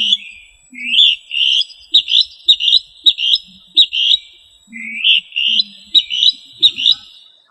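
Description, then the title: Rail calls: loud, repeated whistled notes that rise and fall in quick succession, grouped into two runs with a brief drop between them, plus faint low sounds. "LuckyFamilia RallidaeFrangoSama"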